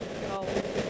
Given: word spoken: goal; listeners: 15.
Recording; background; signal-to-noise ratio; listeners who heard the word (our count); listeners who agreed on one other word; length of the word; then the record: one English word in noise, from a listening test; noise modulated by three-talker babble; -5.3 dB; 1 of 15; 10 of 15; 0.50 s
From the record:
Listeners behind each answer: 10, 2, 1, 1, 1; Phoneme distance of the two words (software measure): 17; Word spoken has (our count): 1 syllable, 3 phonemes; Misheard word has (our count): 1 syllable, 4 phonemes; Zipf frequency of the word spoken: 4.97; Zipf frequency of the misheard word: 5.11